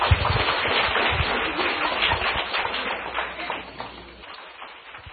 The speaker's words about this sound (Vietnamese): Xin quý vị một tràng pháo tay.